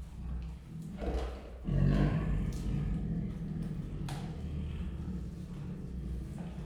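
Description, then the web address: Siberian tiger giving a short, rough roar that rises sharply near two seconds over a steady low rumble, then fades into a droning background. Female Siberian tiger, captive at Miskolc Zoo, recorded 2018; the other female's voice also follows. "allathangok miskolcizoo 2018 professzionalis sziberiai tigris amasiknostenyhangjaismegjon miskolczoo"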